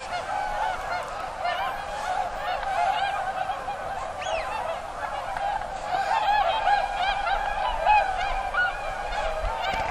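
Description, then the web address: Swans calling as a flock, a dense, continuous chorus of nasal honks and yelps overlapping without pause throughout. Recorded 16 November 2007. "swan 20071116"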